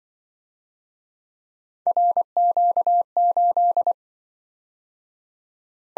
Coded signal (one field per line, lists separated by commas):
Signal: Morse code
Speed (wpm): 25 wpm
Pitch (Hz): 700 Hz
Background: none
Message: RQ8